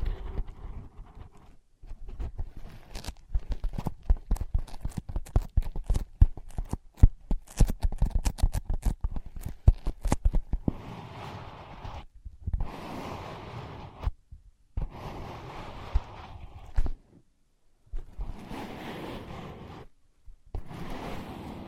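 Tapping and scratching on ear pads: for the first ten seconds, a rapid, uneven run of sharp taps, dense and mostly low with bright clicks. After that come longer rough scratching and rubbing passages, broken by short silences around 12, 14 and 17 seconds.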